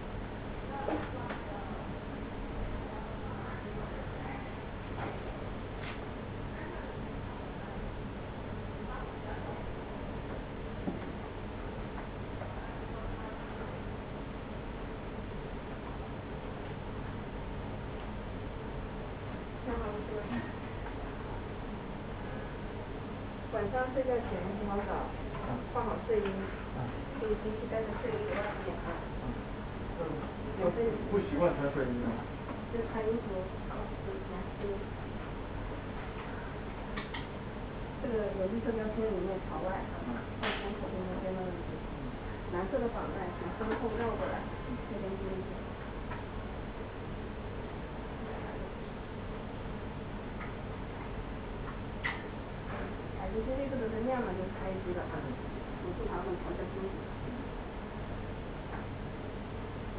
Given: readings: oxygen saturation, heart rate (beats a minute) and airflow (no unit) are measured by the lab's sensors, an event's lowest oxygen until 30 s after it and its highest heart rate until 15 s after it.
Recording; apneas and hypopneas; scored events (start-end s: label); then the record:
a person awake in a sleep study, by a voice recorder at the bedside; none
0.00-59.98 s: awake
0.00-59.98 s: awake
From the record:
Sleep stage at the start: awake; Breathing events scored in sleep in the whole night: 210 in 6.9 hours asleep